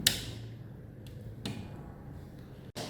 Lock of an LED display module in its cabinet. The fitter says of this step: right to unlock the module and you will find a click sound.